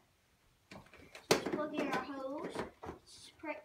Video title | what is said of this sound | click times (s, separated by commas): DIRT DEVIL EASY ELITE MODEL SD40010 - Vacuum Cleaner Advent Calendar Day 9 | quite easy to plug in your hose just like that you hear a click you good | 1.3 s